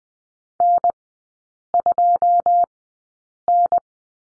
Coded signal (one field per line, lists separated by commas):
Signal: Morse code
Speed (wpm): 20 wpm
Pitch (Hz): 700 Hz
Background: none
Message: N2N